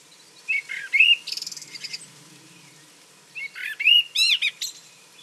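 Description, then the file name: Common blackbird giving two song phrases, each a fluty warble followed by a rapid high twittering tail, separated by a short pause. "Turdus merula"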